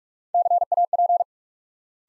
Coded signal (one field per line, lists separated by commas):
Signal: Morse code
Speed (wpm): 48 wpm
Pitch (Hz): 700 Hz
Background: none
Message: CAP